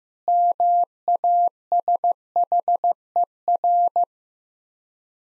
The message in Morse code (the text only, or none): MASHER